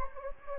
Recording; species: mosquito wingbeat signal from an infrared sensor; Anopheles gambiae